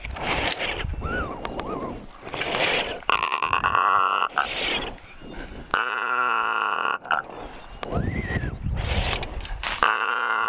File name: Secretarybird